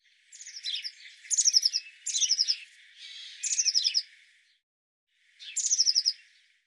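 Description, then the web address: Eurasian blue tit giving rapid buzzy churrs with high thin notes, several bursts close together, then a pause and one more chatter. "cianscape birddata Deverinetal 2025 File cleaned normalized Bird Cy Ca"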